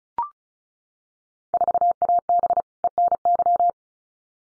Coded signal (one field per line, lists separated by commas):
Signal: Morse code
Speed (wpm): 34 wpm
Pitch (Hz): 700 Hz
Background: none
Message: 4AB ENY